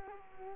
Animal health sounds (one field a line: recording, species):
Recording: mosquito wingbeat signal from an infrared sensor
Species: Culex quinquefasciatus